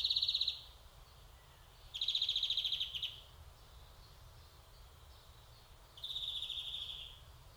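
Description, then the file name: European greenfinch repeating short rapid trills, three bursts at irregular intervals, the last softer, with a low steady hum underneath. "Chloris chloris"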